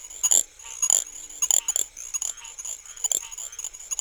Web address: frog-calls Little grass frog